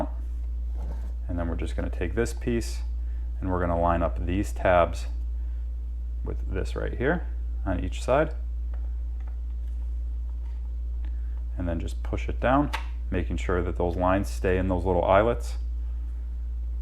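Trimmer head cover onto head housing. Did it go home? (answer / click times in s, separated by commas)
no / none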